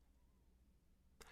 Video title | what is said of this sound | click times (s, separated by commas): Invacare GBed Assembly Video | you should hear an audible click | 1.2 s